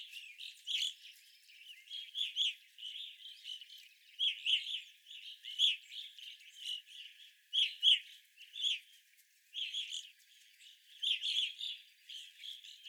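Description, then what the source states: Evening grosbeaks giving short chirps in clusters, louder groups of calls alternating with brief quieter spells. Several evening grosbeaks, recorded 25 April 2021.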